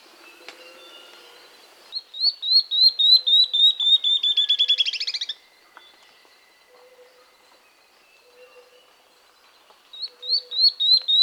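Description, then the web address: Tawny-throated leaftosser song: a fast series of sharp, high notes that gradually descend and speed into a rattling trill, lasting about three seconds, then another song begins near the end. Andean bird of South America. "Natures Songs S America Andean Birds. Tawny-Throated Leaftosser (Sclerurus Mexicanus)"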